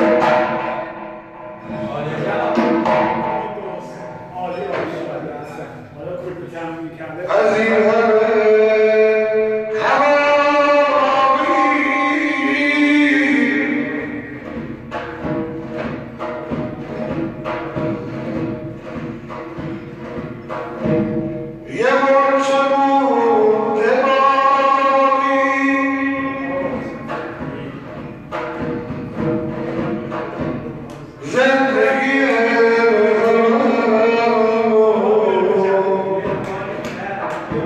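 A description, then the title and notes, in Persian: A zurkhaneh session: a man's voice chants in long, held, melodic phrases, loudest around 7 to 14 seconds, 22 to 27 seconds and from 31 seconds on. Quick, regular drum strokes keep pulsing underneath throughout, filling the gaps between phrases. زورخانه.بازار. در این اپیزود فرد در هنگام دعا در میانه برنامه ظهرگاهی زورخانه.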